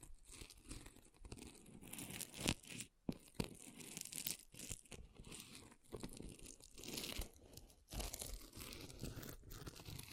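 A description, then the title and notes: An object scratches in irregular bursts with crinkly, tearing textures, broken by brief silences around two and a half and three seconds, and again near eight. ASMR Brain Melting Object Scratching (No Talking).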